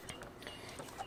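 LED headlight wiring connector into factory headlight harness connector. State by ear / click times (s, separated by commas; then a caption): not seated / none. An aftermarket Bunker Indust LED headlight's plastic wiring connector is handled and lined up against the factory headlight harness connector on a Jeep JL. Only brief plastic ticks and handling rustle are heard, with the sharpest taps near 0.1 s and 0.5 s. Nothing has seated or clicked yet.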